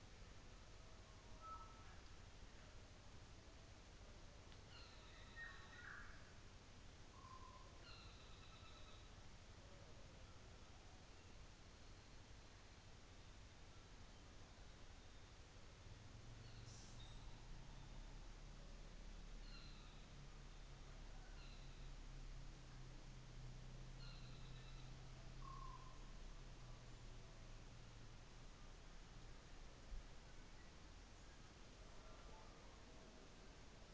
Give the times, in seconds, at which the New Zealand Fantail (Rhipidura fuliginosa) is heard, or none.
16.40-17.17